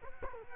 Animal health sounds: mosquito wingbeat signal from an infrared sensor; Culex quinquefasciatus

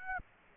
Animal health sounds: mosquito wingbeat signal from an infrared sensor; Aedes aegypti

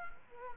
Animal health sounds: mosquito wingbeat signal from an infrared sensor; Culex quinquefasciatus

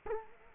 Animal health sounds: mosquito wingbeat signal from an infrared sensor; Culex quinquefasciatus

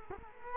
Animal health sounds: mosquito wingbeat signal from an infrared sensor; Culex quinquefasciatus

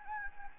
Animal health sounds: mosquito wingbeat signal from an infrared sensor; Anopheles gambiae

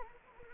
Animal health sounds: mosquito wingbeat signal from an infrared sensor; Anopheles arabiensis

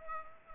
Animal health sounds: mosquito wingbeat signal from an infrared sensor; Culex pipiens

